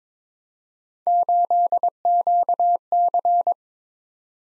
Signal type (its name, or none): Morse code